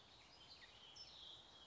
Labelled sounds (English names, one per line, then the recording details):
California Towhee
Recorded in Sonoma County, California